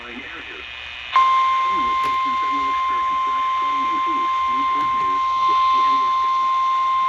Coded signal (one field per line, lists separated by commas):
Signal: Emergency Alert System (SAME) tones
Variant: 853 and 960 Hz attention tone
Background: speech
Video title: You Want It? We Got It! EAS Alerts From July 15, 2022